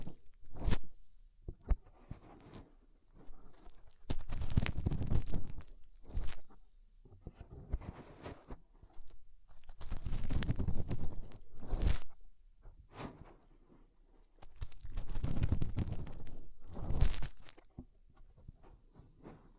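Fingers rub and scrape inside an ear in uneven bursts of muffled rumbling and crackling, with sharp clicks and brief quiet gaps between them.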